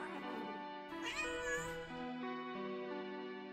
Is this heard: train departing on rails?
no